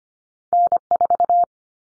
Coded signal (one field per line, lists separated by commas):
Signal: Morse code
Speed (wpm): 25 wpm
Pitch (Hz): 700 Hz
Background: none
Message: N4